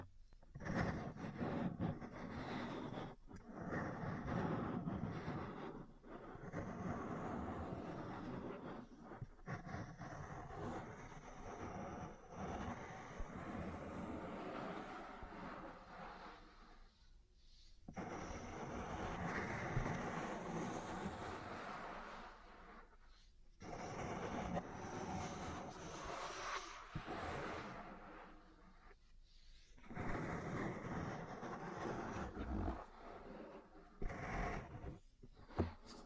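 Ear cleaning and massage sounds fill the clip with dense, rustling, muffled rubbing, mostly low with some brighter scratchy edges. The texture shifts constantly, broken by brief near-silent gaps around 17, 23, 30 and 33 seconds, and soft tapping pops appear throughout.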